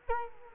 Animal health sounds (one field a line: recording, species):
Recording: mosquito wingbeat signal from an infrared sensor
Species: Culex quinquefasciatus